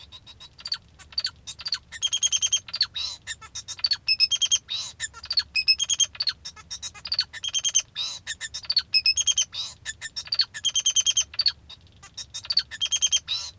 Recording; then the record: song of a male Bengalese finch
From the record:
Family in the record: father 2